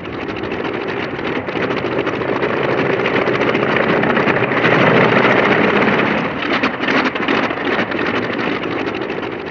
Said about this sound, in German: Die Windböen machten ihnen von Anfang an zu schaffen. Doch dank eines Propellers gelang es Johnny, den Fesselballon sicher zu lenken.